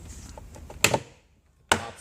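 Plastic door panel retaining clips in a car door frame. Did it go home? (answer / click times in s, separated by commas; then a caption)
released / 0.8 s, 1.7 s. A trim tool wedged behind the front door panel of a BMW E39 (M5, 540i, 530i, 525i) pries the plastic retaining clips loose from the car door frame while removing the front window regulator. Faint ticks lead up to two sharp pops at 0.8 s and 1.7 s. The clips release and the door panel comes free.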